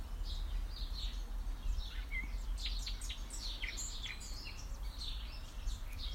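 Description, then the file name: Birds in song, with busy high twitters and short trilled notes tumbling over one another, plus a brief clear whistle mid-way and a low background rumble. "Birds singing"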